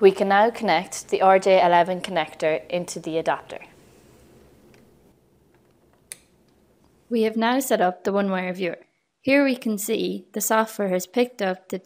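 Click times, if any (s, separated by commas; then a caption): 6.1 s. A plastic RJ11 plug is inserted into an adapter's socket and seats with one sharp, loud click at 6.1 s, heard in a quiet gap. Someone talks before and after the click.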